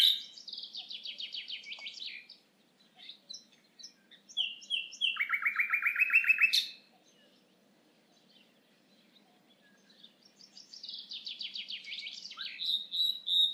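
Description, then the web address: Common nightingale song: a rapid buzzy trill, a few sharp chips, then a loud, fast, lower rattling series. After a pause another buzzy trill phrase begins. "SETE data Luscinia megarhynchos"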